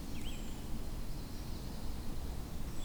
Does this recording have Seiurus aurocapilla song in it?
no